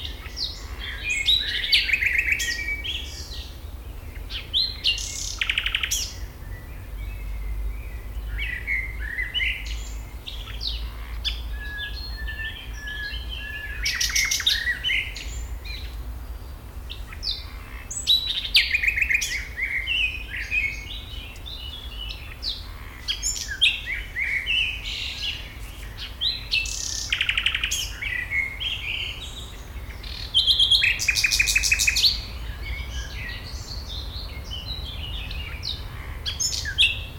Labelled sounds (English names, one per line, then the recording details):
Common Nightingale
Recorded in the wild
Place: Schloßpark Niederschönhausen, Berlin, DE
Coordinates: 52.58, 13.4
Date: 1996-05-26 17:30
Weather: wechselnd wolkig, 17°C
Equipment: Sony MD-WM MZ-R3, Sennheiser MKH 416 T, Kopie Uher 4000 Report Monitor
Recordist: Tembrock, Günter